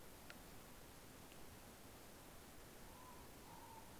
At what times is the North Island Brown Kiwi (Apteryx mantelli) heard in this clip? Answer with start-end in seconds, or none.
none